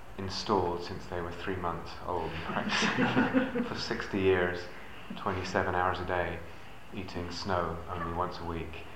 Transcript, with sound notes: installed since they were three months old, practising [laughter] For sixty years, twenty-seven hours a day, eating snow only once a week.